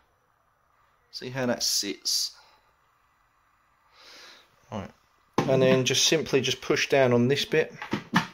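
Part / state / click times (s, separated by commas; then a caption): plastic line insert into device housing / not seated / none. Someone talks while lining up a plastic line insert so it lies flat in a device housing, then begins to push down on it. Nothing has seated or clicked yet; the clip ends before the insert goes home.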